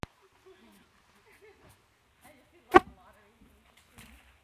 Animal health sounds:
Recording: mosquito flight sound by mobile phone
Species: Aedes sierrensis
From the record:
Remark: free flight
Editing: field recording with all noises

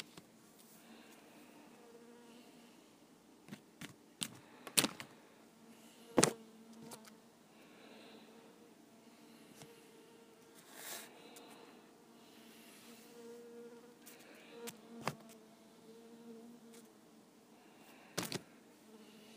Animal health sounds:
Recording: mosquito flight sound by mobile phone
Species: Culiseta incidens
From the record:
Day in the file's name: 2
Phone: iPhone 5

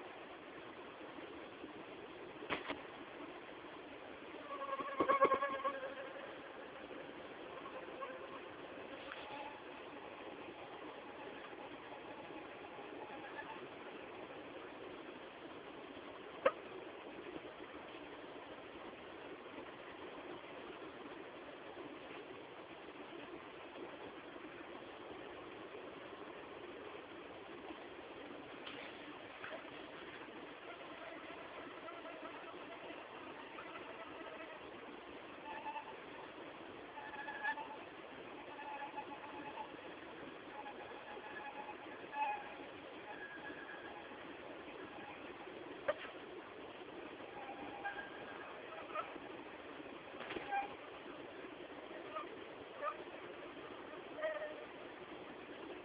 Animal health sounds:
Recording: mosquito flight sound by mobile phone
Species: Anopheles farauti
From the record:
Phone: Samsung T209

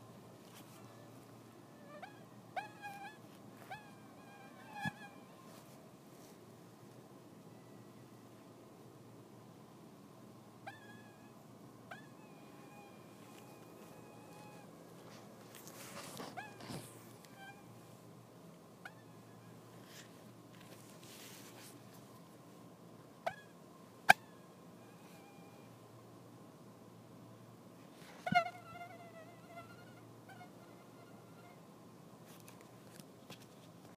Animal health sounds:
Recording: mosquito flight sound by mobile phone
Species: Anopheles stephensi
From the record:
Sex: female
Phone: iPhone 6

